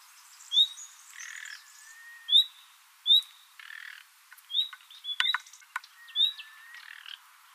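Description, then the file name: Common nightingale singing: sharp high upslurred notes, buzzy chattering bursts, a thin drawn-out whistle and a few sharp clicks. "Luscinia megarhynchos"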